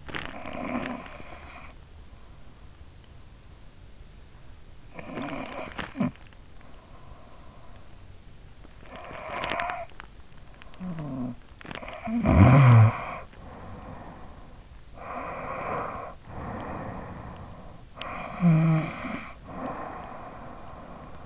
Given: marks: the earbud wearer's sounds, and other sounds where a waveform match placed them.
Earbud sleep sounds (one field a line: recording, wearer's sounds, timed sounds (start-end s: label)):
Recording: sounds in sleep by an in-ear microphone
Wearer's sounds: snoring breath, breath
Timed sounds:
0.00-1.77 s: snoring breath
4.57-7.03 s: snoring breath
8.29-14.23 s: snoring breath
14.63-17.84 s: breath
17.84-21.26 s: snoring breath